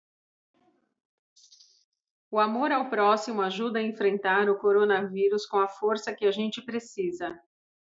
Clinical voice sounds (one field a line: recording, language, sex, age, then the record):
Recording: spoken sentence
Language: Brazilian Portuguese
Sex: female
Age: 40 to 49 years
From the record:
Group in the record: control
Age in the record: 45 years